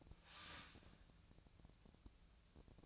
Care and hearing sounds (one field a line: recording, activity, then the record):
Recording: daily activity, microphone in the room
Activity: start toaster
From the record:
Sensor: 2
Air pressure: 1000.0 hPa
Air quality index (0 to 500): 146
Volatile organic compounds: 2 ppm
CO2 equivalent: 1241 ppm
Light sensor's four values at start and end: 26/65/28/30 and 26/65/28/30